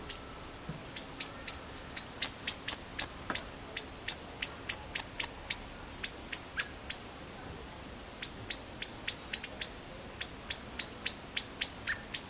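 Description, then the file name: Eurasian blackbird delivering long trains of sharp, high ticking notes in rapid, fairly even groups, broken by short pauses, over a quiet background. "Turdus merula"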